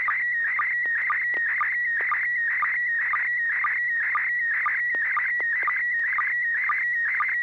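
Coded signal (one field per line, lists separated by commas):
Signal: SSTV (slow-scan television)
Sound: warbling, chirping tone around 2 kHz with steady rhythmic ticks twice a second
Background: low hum, radio hiss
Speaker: the River City Arc Slow Scan TV net. This net serves for training and practice in image transmission modes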